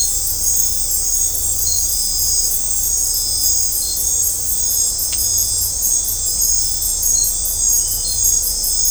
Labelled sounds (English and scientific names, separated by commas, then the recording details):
none
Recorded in dense forest near Puerto Asís, Putumayo, Colombia, on 18 December 2024 at 19:30
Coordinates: 0.503, -76.323
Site G043